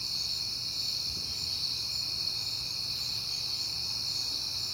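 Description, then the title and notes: Crickets trilling together in an unbroken high ringing drone, even in loudness, over faint low background noise. Crickets at night in September, recorded on a peaceful night. "Night Time: Crickets and Passing Cars. It is September and I have been hearing the crickets a lot, but finally had a peaceful night to make the recording"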